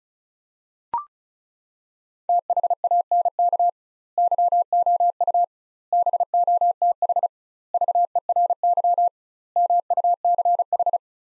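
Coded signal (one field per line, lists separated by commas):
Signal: Morse code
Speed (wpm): 36 wpm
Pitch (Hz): 700 Hz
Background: none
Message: THANK YOU BOTH VERY MUCH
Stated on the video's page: Morse practice of five-word sets at 35 wpm with 2x word spacing, a word-level Farnsworth-like method for head-copying.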